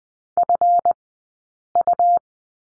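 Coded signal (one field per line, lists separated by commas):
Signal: Morse code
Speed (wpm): 20 wpm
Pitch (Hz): 700 Hz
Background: none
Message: FU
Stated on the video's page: Morse course lesson on number 9 with two characters, at Farnsworth speed of 20/10 wpm.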